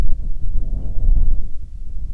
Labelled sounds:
wind
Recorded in the Prudhoe Bay oil fields, Alaska, on 6 June 2019 at 03:38
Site 16

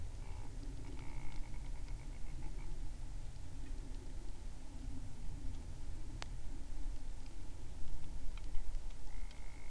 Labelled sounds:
grouse or ptarmigan
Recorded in the Arctic National Wildlife Refuge, Alaska, on 20 July 2019 at 03:33
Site 38

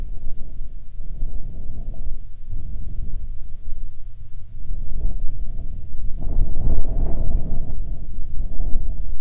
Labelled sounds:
songbird, wind
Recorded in the Arctic National Wildlife Refuge, Alaska, on 27 July 2019 at 17:34
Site 40

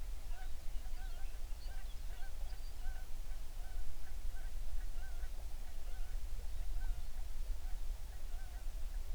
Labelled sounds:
songbird, waterfowl, seabird
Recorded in the Prudhoe Bay oil fields, Alaska, on 11 June 2019 at 04:52
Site 21

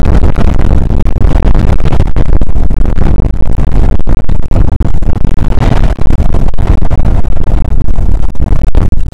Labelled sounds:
wind
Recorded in the Prudhoe Bay oil fields, Alaska, on 2 August 2019 at 01:30
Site 29

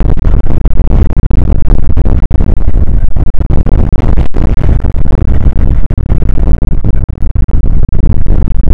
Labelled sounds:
wind
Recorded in the Prudhoe Bay oil fields, Alaska, on 29 May 2019 at 00:03
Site 25

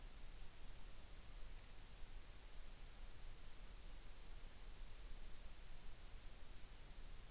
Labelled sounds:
near silence
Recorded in the Arctic National Wildlife Refuge, Alaska, on 3 August 2019
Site 33

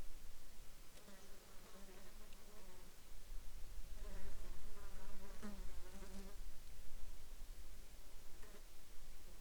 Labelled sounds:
insects
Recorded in the Arctic National Wildlife Refuge, Alaska, on 27 July 2021 at 13:48
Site 35

